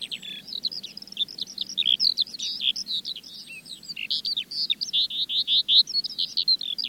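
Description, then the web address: Eurasian skylark song, a continuous rapid stream of high chirps, trills and warbled notes with no pause, steady throughout; a faint low hum underneath at first. Song given in flight, with occasional gusts of wind. "Sound Effects-BBC Birds Larks"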